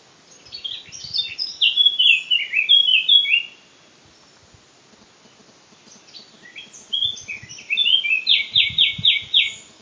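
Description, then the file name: Eurasian blackcap delivering two song bursts separated by a quiet gap, each opening with a jumbled warble and closing on loud, rapidly repeated fluty notes. "Sylvia atricapilla"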